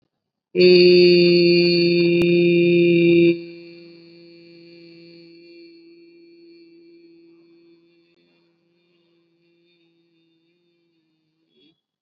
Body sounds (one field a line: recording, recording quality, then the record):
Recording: sustained vowel as in beet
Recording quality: excellent, no background noise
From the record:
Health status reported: COVID-19 positive, mild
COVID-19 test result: positive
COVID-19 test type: RT-PCR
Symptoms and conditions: cough, fever, fatigue, diabetes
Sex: female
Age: 60 years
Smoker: no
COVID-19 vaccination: both doses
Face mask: not worn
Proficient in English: yes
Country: India